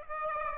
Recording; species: mosquito wingbeat signal from an infrared sensor; Aedes aegypti